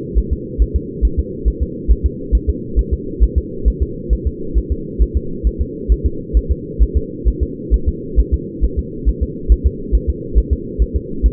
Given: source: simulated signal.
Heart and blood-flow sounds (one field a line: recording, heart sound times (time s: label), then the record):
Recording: fetal heart sounds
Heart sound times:
0.18 s: S1
0.33 s: S2
0.62 s: S1
0.76 s: S2
1.05 s: S1
1.19 s: S2
1.48 s: S1
1.62 s: S2
1.91 s: S1
2.06 s: S2
2.35 s: S1
2.49 s: S2
2.79 s: S1
2.93 s: S2
3.24 s: S1
3.38 s: S2
3.68 s: S1
3.82 s: S2
4.13 s: S1
4.27 s: S2
4.58 s: S1
4.72 s: S2
5.02 s: S1
5.17 s: S2
5.47 s: S1
5.61 s: S2
5.92 s: S1
6.06 s: S2
6.37 s: S1
6.51 s: S2
6.83 s: S1
6.97 s: S2
7.28 s: S1
7.43 s: S2
7.74 s: S1
7.88 s: S2
8.20 s: S1
8.34 s: S2
8.64 s: S1
8.79 s: S2
9.09 s: S1
9.23 s: S2
9.52 s: S1
9.66 s: S2
9.95 s: S1
10.10 s: S2
10.38 s: S1
10.53 s: S2
10.82 s: S1
10.96 s: S2
11.26 s: S1
From the record:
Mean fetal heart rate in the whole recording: 135 bpm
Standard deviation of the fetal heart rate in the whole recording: 3 bpm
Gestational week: 34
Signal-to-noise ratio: -4.3 dB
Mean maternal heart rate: 72 bpm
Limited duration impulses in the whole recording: absent